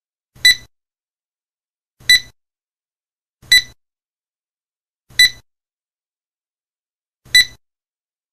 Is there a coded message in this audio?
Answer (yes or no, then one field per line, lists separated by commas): no